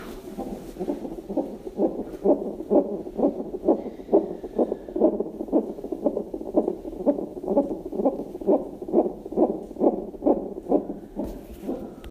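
Steady, muffled low thumps repeat at a fast, fairly even pace of about 130 beats a minute throughout. A heartbeat with a rapid, regular rhythm, with faint background hiss.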